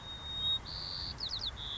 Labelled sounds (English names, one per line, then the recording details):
White-crowned Sparrow
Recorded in Sonoma County, California